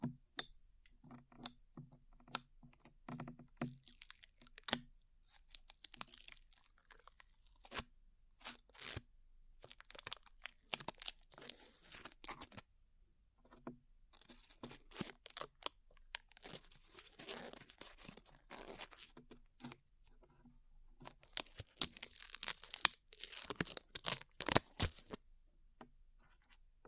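Sticky glue peels from skin, with irregular crackles, sharp snaps and soft tearing throughout.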